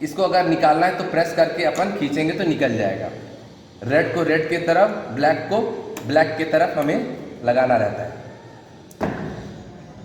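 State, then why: Seated. An interconnecting cable connector is reinserted into its socket on a voting machine unit, red to red and black to black, while someone talks. The connector clicks into place at 9.0 s and is seated.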